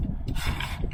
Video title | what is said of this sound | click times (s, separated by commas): How to install a ShadeMaker supreme XL awning - Popup camper awnings | until it locks in place | 0.6 s